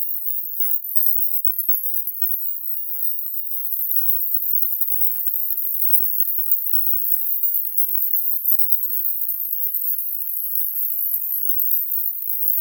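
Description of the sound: A very faint, steady, high-pitched hiss sits near the top of the hearing range, with nothing lower and no speech. It is a "16k distractor" tinnitus masker, a high-frequency sound meant to mask or draw attention away from tinnitus.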